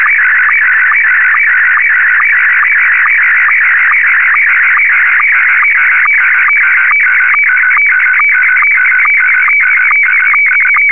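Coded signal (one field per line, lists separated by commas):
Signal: SSTV (slow-scan television)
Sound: warbling, chirping tone with a steady rhythmic low blip about twice a second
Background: radio static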